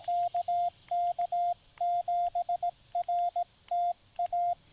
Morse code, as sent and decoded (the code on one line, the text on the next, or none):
-.- -.- --... .-. - .-
KK7RTA